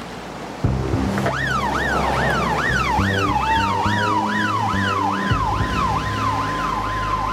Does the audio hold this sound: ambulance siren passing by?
yes